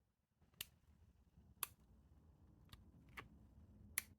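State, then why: Seated. A pistol's steel slide stop lever is worked so its spring-loaded detent snaps into a divot deepened in the side of the slide stop, a modification meant to make the slide stop harder to knock up by accident. Sharp clicks of the detent seating are heard at 0.6, 1.6 and 4.0 seconds, with fainter ticks at 2.7 and 3.2 seconds over a low background rumble. Each time, the detent seats in the divot.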